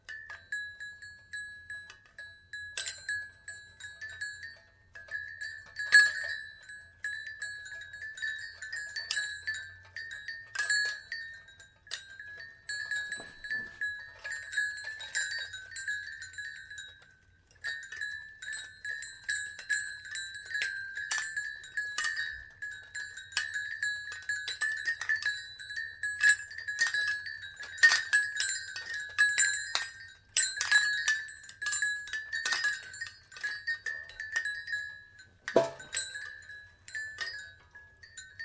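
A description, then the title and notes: Wind chimes tinkle almost continuously in bright, overlapping clusters, swelling and thinning in gusts, with a faint low hum underneath. Wind Chimes ASMR: Tingles of Tranquility.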